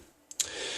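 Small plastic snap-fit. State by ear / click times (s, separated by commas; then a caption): seated / 0.3 s, 0.4 s. The pins on the upper half of a plastic Revell 1/500 USS Enterprise model saucer section are worked into the pinholes of the lower half, which is difficult to manoeuvre. Two sharp clicks are heard at 0.3 s and 0.4 s, the second louder, followed by a steady hiss. The saucer halves click together and are seated.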